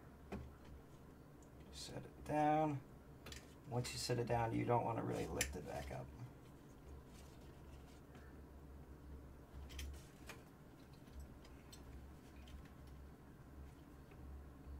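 A stock CPU cooler is handled over the processor while its metal retention clip is brought toward the motherboard socket bracket, with light clicks and taps of the parts and someone talking. Nothing has seated or clicked yet; the clip ends before the retention lever locks.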